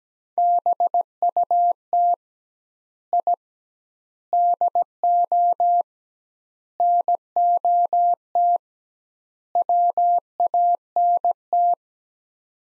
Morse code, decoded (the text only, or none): BUT I DO NOT WANT